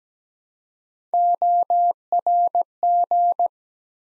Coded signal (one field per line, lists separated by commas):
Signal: Morse code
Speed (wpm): 17 wpm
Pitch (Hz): 700 Hz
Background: none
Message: ORG